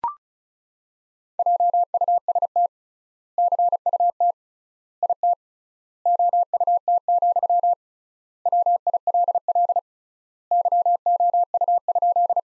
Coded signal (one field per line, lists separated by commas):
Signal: Morse code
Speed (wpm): 34 wpm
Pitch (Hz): 700 Hz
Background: none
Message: JUST CUT IT OUT, WILL YOU?